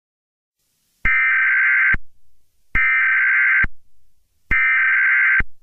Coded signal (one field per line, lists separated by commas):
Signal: Emergency Alert System (SAME) tones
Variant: header bursts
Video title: EAS Mock 9/11 Tribute (old version)